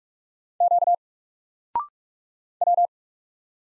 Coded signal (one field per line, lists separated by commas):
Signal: Morse code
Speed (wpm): 44 wpm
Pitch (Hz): 700 Hz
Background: none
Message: Q W